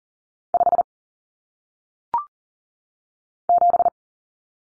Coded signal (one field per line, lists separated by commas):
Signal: Morse code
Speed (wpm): 40 wpm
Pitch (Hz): 700 Hz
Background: none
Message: 5 7